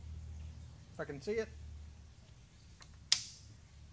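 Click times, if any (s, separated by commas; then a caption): 3.1 s. Someone talks briefly as the depth-setting release gauge, the focus depth gauge on the laser head of an AlgoLaser Alpha 22W laser, is released. At 3.1 s it pops up with a loud, sharp click that rings off quickly, confirming the gauge has released.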